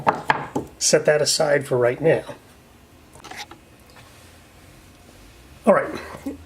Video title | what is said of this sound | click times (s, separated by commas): Deep Space Lighting Installation Video - Kenworth T660 Bi-Xenon Headlights | make sure it clicks it's in secure | 0.3 s